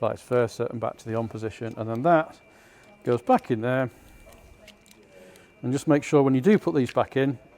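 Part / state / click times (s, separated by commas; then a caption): metal emergency key blade into car remote key fob / not seated / none. Someone talks while handling a metal emergency key blade as it is pushed back toward the plastic remote key fob of a VW California T7. Only faint handling noises come between the speech, and the blade has not yet clicked or seated in the fob.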